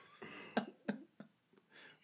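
An adult man who is sick coughs a few times.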